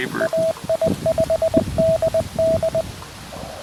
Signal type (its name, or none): Morse code